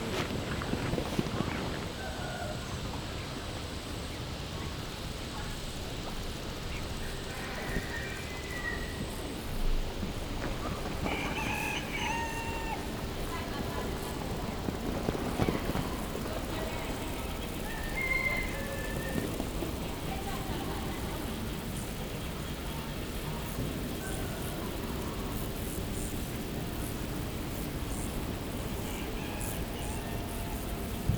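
A steady low rumble and murmur fill the scene, with brief chirping calls and scattered knocks around 8, 12, 15 and 18 seconds.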